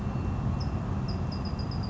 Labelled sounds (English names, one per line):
Bewick's Wren